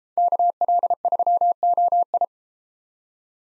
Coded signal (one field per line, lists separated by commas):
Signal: Morse code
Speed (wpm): 33 wpm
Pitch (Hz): 700 Hz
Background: none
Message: KL3OI